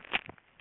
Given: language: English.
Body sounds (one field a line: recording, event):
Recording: throat vibration sensor signal played as sound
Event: swallow